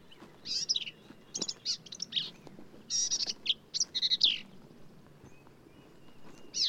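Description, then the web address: Black-capped vireo song of hurried, harsh and chattering high phrases, varied notes tumbling together with short pauses between groups. "birdsongforthecurious Black-capped Vireo"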